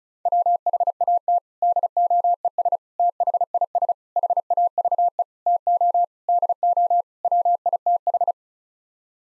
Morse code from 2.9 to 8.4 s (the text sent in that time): THIS HAVE TO DO WITH